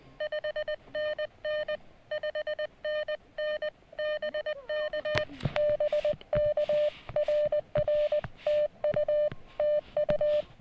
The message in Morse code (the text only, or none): 5NN 5NN BK BK RR TU TU